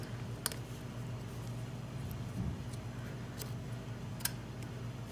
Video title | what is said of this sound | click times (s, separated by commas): How to replace rear axle bearings are 2001 Honda 250ex part2 | yeah just click right in there just like that | 4.3 s